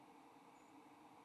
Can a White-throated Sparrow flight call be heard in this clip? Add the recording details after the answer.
yes. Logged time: 03:45 on 29 November 2014